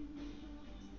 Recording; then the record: background sound without coughing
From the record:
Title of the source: BackgroundMusic4